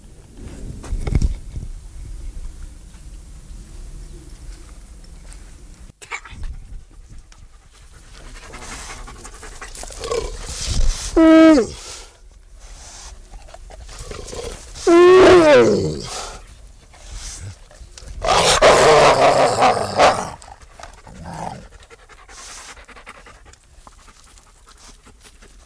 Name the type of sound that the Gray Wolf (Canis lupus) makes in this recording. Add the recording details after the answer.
aggressive call. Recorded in captivity. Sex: group. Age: adult. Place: Wildpark Schorfheide, Schorfheide, Brandenburg, DE. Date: 1999-07-25 18:27. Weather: fair, 27°C. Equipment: Sony WM-D6C, Sennheiser ME 80, Kopie Uher 4000 Report Monitor. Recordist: Tembrock, Günter